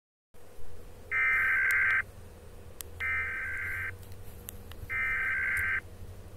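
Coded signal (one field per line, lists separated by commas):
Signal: Emergency Alert System (SAME) tones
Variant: header bursts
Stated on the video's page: Fictional EAS scenario, not a real broadcast alert.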